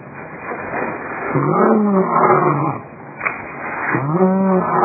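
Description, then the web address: Lion giving two strong groaning moans over rough background noise. "2001 Eclipse lion"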